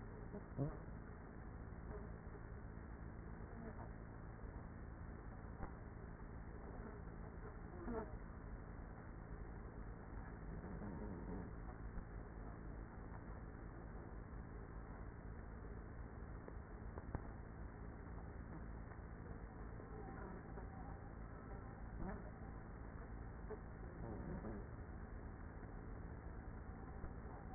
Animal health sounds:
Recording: honeybee colony, microphone inside the hive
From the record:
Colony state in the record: queenless with a low population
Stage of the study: after two queens were removed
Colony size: about 30,000 bees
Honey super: no

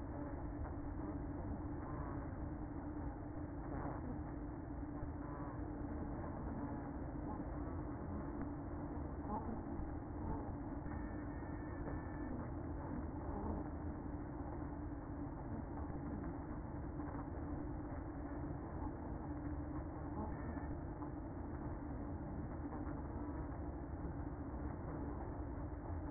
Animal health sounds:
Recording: honeybee colony, microphone inside the hive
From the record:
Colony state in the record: queen present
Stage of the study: after two queens were removed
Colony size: about 60,000 bees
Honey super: yes

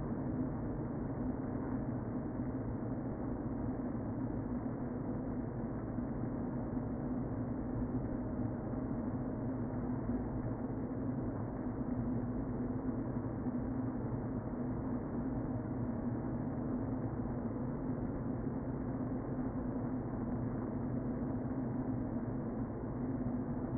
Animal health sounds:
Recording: honeybee colony, microphone inside the hive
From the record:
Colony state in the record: queen present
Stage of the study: before two queens were removed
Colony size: about 60,000 bees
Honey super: yes

